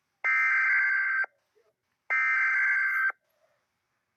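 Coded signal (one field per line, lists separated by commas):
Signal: Emergency Alert System (SAME) tones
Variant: header bursts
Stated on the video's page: Fictional simulated EAS scenario with severe thunderstorm, tornado and civil danger/civil emergency alerts.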